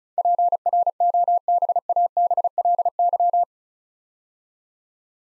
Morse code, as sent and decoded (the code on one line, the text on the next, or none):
.--. .-. --- -... .- -... .-.. -.--
PROBABLY